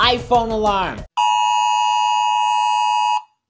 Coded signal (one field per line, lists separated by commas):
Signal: Emergency Alert System (SAME) tones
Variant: 853 and 960 Hz attention tone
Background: speech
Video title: Rating EAS Alarms From YOUR Countries!